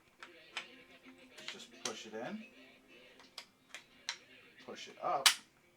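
During reassembly of a Remington Speedmaster 241 .22 semi-auto rifle, a metal internal part is pushed in and up into the action. Someone talks over a series of short, sharp metallic taps and handling noises, ending in a louder burst of movement. The part has not snapped into place yet; nothing has seated.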